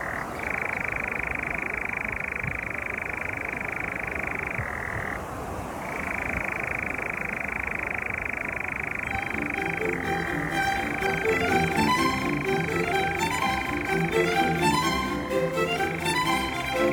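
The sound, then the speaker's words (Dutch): A European nightjar churs on a large heath near Eindhoven in one unbroken, steady mechanical trill that dips briefly in pitch partway through, while other chirping calls join in over the second half. “Maar met de nachtzwaluw horen betreed je al de schemerwereld der schijnonzichtbare.”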